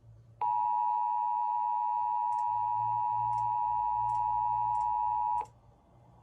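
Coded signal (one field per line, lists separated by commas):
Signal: Emergency Alert System (SAME) tones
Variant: 853 and 960 Hz attention tone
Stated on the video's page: Weekly tests, the first activation received on ER10VP and 12-240 units.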